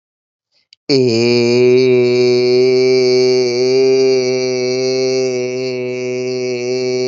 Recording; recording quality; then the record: sustained vowel as in made; excellent, no background noise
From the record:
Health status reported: healthy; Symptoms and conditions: fever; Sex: male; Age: 32 years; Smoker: yes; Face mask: not worn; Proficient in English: yes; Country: India